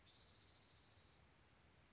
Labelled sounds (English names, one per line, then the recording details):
Spotted Towhee
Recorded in Sonoma County, California